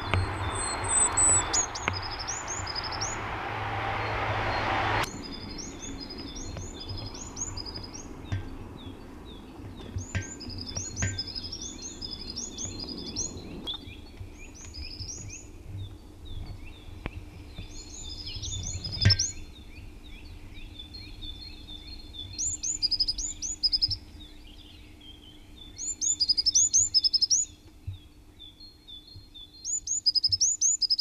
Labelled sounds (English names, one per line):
Song Thrush song